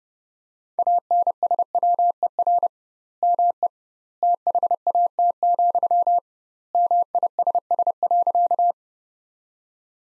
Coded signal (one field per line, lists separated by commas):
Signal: Morse code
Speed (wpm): 32 wpm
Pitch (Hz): 700 Hz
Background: none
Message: ANSWER ME THAT, MISS.